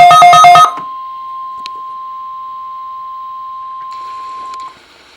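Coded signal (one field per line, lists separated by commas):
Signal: Emergency Alert System (SAME) tones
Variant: 1050 Hz attention tone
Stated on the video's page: Required Weekly Test sent by the National Weather Service.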